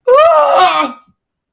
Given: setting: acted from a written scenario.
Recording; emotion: vocal sound without words; negative surprise